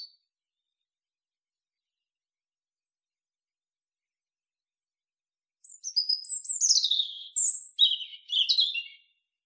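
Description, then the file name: European robin delivering one varied phrase of high sliding whistles and scratchy notes after a long quiet pause. "Erithacus rubecula"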